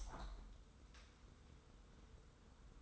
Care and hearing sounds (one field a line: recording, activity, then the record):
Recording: daily activity, microphone in the room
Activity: open window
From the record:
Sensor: 3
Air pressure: 990.3 hPa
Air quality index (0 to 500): 183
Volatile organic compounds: 1000 ppm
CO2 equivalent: 5960 ppm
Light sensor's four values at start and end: 34/80/32/30 and 34/79/32/30